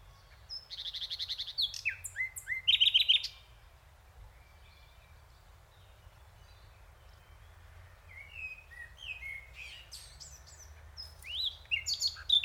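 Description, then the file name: Common nightingale song opening with a harsh rattling trill and a quick volley of bright chirps, followed after a pause by varied whistled and sweeping notes. "Luscinia megarhynchos"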